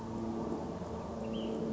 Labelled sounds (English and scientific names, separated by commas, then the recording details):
Ash-throated Flycatcher (Myiarchus cinerascens)
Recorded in Sonoma County, California